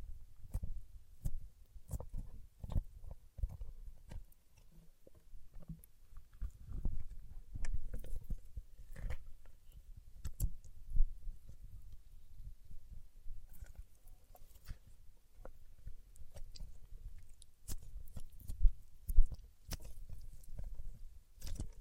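Paraffin wax being peeled, tapped and scratched: a dense, irregular run of small crackles, clicks and soft low thumps throughout, with sharper snaps scattered.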